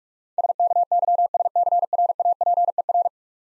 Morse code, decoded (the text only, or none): SKYSCRAPER